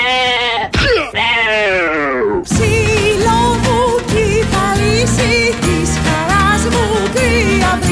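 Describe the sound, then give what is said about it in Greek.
A lamb lets out a long, quavering bleat, then a second wavering cry, before loud, dense rhythmic music abruptly starts and carries on to the end. “Αρνάκι πήρατε?”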